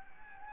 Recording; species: mosquito wingbeat signal from an infrared sensor; Anopheles gambiae